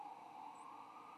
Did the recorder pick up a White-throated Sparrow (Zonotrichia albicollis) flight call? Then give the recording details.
no. Another species' flight call is heard. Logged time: 06:21 on 15 November 2014